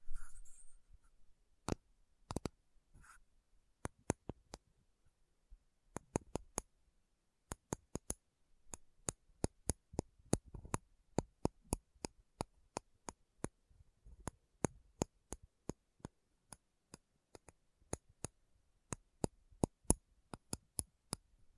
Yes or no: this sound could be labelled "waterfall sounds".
no